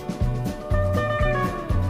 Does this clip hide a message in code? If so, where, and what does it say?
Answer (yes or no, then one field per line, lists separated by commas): no